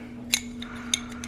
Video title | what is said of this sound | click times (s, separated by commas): Klecker Knives Abiqua Hunter Review | when you slide the the gut hook back in it clicks back in very solidly | 0.3 s, 0.9 s